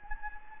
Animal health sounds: mosquito wingbeat signal from an infrared sensor; Anopheles gambiae

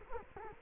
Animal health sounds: mosquito wingbeat signal from an infrared sensor; Culex quinquefasciatus

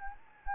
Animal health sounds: mosquito wingbeat signal from an infrared sensor; Anopheles gambiae

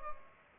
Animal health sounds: mosquito wingbeat signal from an infrared sensor; Culex pipiens

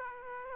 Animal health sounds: mosquito wingbeat signal from an infrared sensor; Aedes aegypti

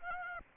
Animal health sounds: mosquito wingbeat signal from an infrared sensor; Aedes aegypti

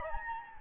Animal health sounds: mosquito wingbeat signal from an infrared sensor; Anopheles gambiae

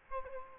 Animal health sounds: mosquito wingbeat signal from an infrared sensor; Aedes albopictus

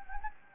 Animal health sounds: mosquito wingbeat signal from an infrared sensor; Anopheles gambiae

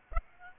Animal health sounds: mosquito wingbeat signal from an infrared sensor; Aedes aegypti

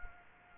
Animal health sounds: mosquito wingbeat signal from an infrared sensor; Aedes aegypti

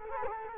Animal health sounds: mosquito wingbeat signal from an infrared sensor; Culex quinquefasciatus

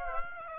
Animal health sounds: mosquito wingbeat signal from an infrared sensor; Aedes aegypti

